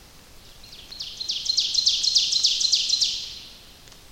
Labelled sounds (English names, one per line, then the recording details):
Ovenbird song
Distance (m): 45 m
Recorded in boreal forest in Alberta, Canada, on 29 May 2016 at 06:11
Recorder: SongMeter 3, array SBT-3-49
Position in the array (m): 71 m, 261 m
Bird 14